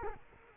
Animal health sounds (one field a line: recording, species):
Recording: mosquito wingbeat signal from an infrared sensor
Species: Culex quinquefasciatus